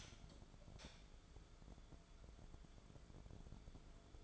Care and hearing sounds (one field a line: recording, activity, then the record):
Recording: daily activity, microphone in the room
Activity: light off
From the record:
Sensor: 5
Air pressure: 1010.4 hPa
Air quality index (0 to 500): 120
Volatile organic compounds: 2 ppm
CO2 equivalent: 1182 ppm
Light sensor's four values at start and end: 502/1288/533/599 and 503/1287/532/598